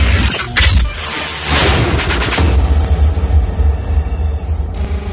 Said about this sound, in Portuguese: Toque algo que me lembre o som dos canhões.